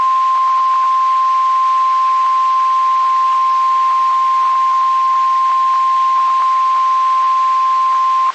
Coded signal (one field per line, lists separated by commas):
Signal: Emergency Alert System (SAME) tones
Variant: 1050 Hz attention tone